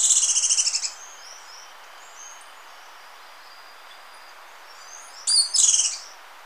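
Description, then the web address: Slaty-capped flycatcher calling, a rapid burst of high notes at the start and a brief double note near the end. Recorded in Ecuador. "Natures Songs S America Birds of Ecuador Slaty-capped Flycatcher"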